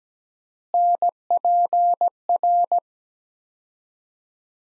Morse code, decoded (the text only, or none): NPR